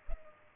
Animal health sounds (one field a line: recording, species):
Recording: mosquito wingbeat signal from an infrared sensor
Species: Culex pipiens